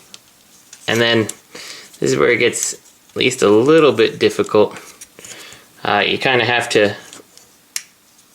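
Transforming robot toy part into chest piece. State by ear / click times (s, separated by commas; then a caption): seated / 7.8 s. Someone talks while working a plastic piece of a transforming robot toy, a Maketoys MTCM-04B Rover, bringing it around into the chest piece. A sharp snap at 7.8 s marks the piece locking into place in the chest.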